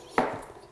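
A click-lock vinyl/laminate floor plank is pressed into the plank of the previous row. A single sharp click is heard at 0.2 s and fades over the next few tenths of a second as the plank locks in place. The plank is seated.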